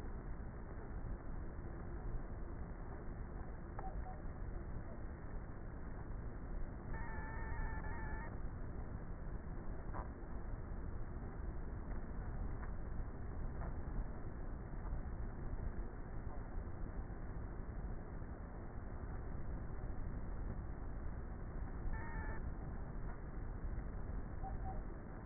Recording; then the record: honeybee colony, microphone inside the hive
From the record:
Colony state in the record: queenless with a low population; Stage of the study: before two queens were removed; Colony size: about 30,000 bees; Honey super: no